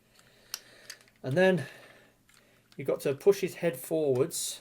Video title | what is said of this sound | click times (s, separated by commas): Transforming "Eastern Exotica" Review #306 Metal Cardbot S Red Blitz | and then they tilt back until they have a soft detent where they click into place | 0.5 s